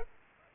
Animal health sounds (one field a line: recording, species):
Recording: mosquito wingbeat signal from an infrared sensor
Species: Culex pipiens